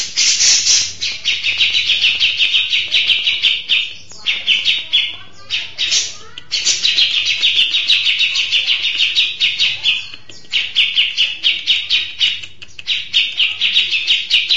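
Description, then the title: Mixed birds in a dense, nearly unbroken chorus of high, rapid chirps and trills, broken by a few short pauses. "Burung Campur2"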